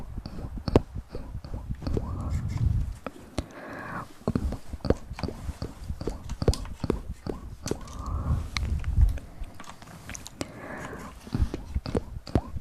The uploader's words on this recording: Mouth sounds, hand movements at sensitivity.